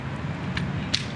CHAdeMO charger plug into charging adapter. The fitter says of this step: you push it till it clicks there you go and now